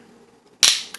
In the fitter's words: And if you give it just one more good push, uh you'll hear that last click.